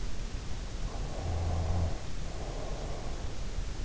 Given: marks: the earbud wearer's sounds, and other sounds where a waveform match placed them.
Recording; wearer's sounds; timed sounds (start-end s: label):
sounds in sleep by an in-ear microphone; breath
0.80-3.40 s: breath